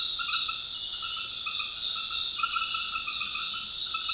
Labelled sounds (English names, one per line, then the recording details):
none
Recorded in dense forest near Puerto Asís, Putumayo, Colombia, on 19 February 2024 at 20:00
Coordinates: 0.502, -76.324
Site G6370